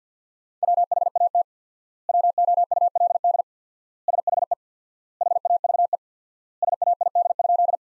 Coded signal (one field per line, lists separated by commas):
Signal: Morse code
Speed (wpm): 50 wpm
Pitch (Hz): 700 Hz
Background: none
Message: WHAT WOULD SHE HAVE SAID?